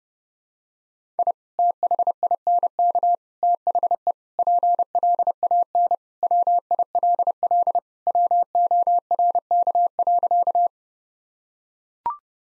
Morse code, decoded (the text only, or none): I THINK THE PLAN WILL WORK.